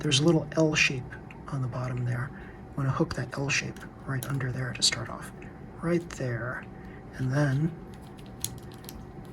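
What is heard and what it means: Someone talks while handling a plastic gear cover for an RC car motor gearbox, hooking its small L-shaped tab under the edge to start fitting it on. Two brief sharp handling ticks come near the end, at about 8.4 and 8.9 seconds. Nothing has seated or snapped into place yet.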